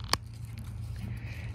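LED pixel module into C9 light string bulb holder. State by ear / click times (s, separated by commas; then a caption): seated / 0.1 s. A loose LED pixel module that had worked out of a cracked C9 light-string bulb holder, likely pushed out when it froze, is pressed back onto its plastic base. A single sharp plastic snap at 0.1 s marks the pixel seating into place, followed by a faint steady low hum.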